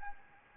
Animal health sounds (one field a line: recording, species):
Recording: mosquito wingbeat signal from an infrared sensor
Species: Anopheles gambiae